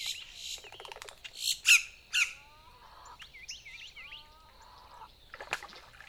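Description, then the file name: Boat-tailed grackle with loud harsh squawks, then a series of short, hooked whistles and buzzy notes, ending with a sharp click. Recorded 14 April 2018. "2018-04-14 BTGR"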